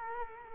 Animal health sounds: mosquito wingbeat signal from an infrared sensor; Culex quinquefasciatus

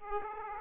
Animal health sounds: mosquito wingbeat signal from an infrared sensor; Aedes aegypti

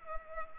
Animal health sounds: mosquito wingbeat signal from an infrared sensor; Culex pipiens

